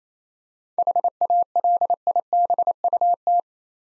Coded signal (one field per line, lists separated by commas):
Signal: Morse code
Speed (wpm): 27 wpm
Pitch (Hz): 700 Hz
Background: none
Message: HALIBUT